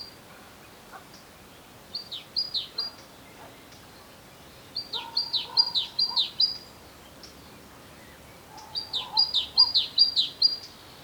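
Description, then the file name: Great tit song: three bursts of rhythmic repeated phrases, separated by pauses of a couple of seconds. "Parus major"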